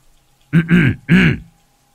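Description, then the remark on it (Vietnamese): A man clears his throat in three quick, rough voiced bursts with a low, gravelly pitch, clearly audible against an otherwise silent background. “Anh sợ có trộm, liền hắng giọng.”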